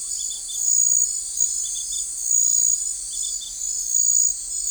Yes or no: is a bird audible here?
no